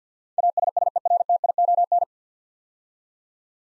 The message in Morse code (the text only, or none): ASSERTION